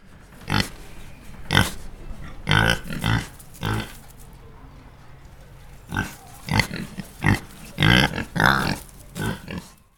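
Pigs grunting and oinking in short, rough bursts, some doubled, scattered irregularly with a pause of about two seconds midway.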